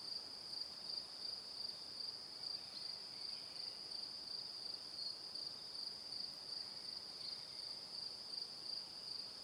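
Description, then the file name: Crickets give a continuous high-pitched pulsed chirping, evenly repeated throughout, over a soft background hiss. "Calm - Evening Crickets"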